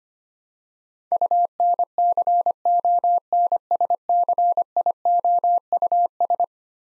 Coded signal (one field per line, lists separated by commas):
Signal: Morse code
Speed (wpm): 25 wpm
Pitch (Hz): 700 Hz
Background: none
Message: UNCONSCIOUS